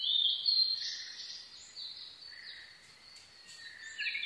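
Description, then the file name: Blue-and-white flycatcher song, a whistled phrase that fades, followed by quieter high notes. Recorded 22 May 2011 at 04:34. "ooruri-20110522-0434"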